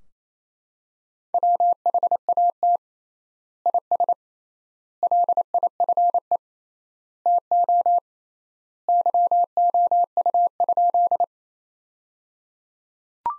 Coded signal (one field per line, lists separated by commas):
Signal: Morse code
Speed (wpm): 28 wpm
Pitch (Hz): 700 Hz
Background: none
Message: WHAT IS LIFE TO YOU?